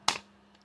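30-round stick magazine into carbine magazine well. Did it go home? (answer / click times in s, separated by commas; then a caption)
yes / 0.1 s. A 30-round stick magazine is inserted into the Glock-pattern magazine well of a Ruger PC Charger pistol-caliber carbine, where that well has replaced the Ruger one. It locks in with a sharp, bright click at 0.1 s, followed by two faint small ticks near 0.6 s over a steady low hum. The magazine sits solidly seated with a little wiggle.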